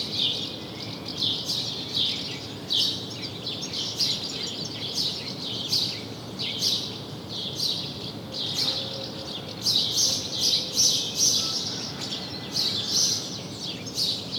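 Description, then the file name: House sparrow chirps, a dense chatter of short bright notes in bursts throughout, over steady low background noise. "Passer domesticus"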